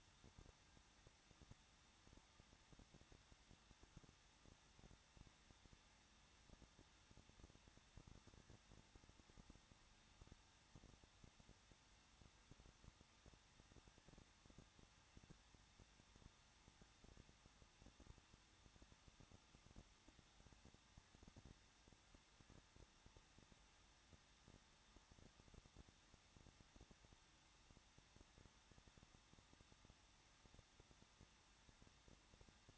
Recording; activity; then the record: daily activity, microphone in the room; no activity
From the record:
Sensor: 3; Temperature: 21.2 degrees Celsius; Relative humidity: 36.3%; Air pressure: 1006.3 hPa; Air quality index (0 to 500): 221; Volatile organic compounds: 40 ppm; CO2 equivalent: 3153 ppm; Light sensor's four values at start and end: 2/3/2/2 and 2/3/2/2